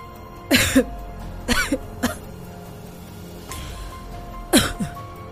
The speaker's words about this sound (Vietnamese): Cường vừa nói vừa ho khủ khủ